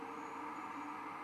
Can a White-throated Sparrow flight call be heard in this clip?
no